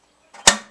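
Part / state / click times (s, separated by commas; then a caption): motorcycle side panel onto frame mounting grommets / seated / 0.5 s. A repainted gloss-black plastic side panel on an XL883 Iron motorcycle is pressed onto its rubber mounting grommets and flange slot on the frame. After a soft rustle of handling, it gives one sharp click at 0.5 s as it snaps home and is seated firmly in place.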